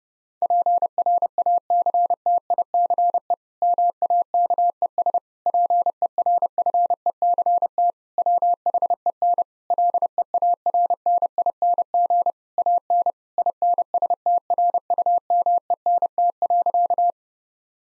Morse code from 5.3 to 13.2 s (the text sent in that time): PERFECT WHEN LEARNING AN